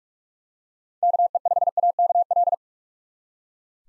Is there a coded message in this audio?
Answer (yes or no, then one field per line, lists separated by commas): yes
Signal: Morse code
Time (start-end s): 1.0-2.5 s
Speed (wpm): 46 wpm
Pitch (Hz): 700 Hz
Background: none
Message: KE5AKL